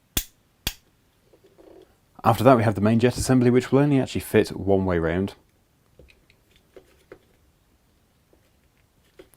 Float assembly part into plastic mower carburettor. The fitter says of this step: And then it will just click into place.